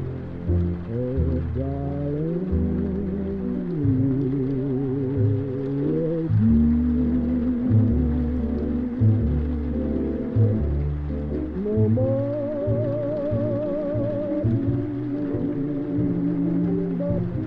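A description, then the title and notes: Oldies music plays in another room, muffled and dull with no crisp top end. A steady bass line thumps underneath while wavering, vibrato-laden vocal or instrumental lines glide and swell above it, rising to a higher melody around twelve seconds. Oldies music playing in another room and it's raining.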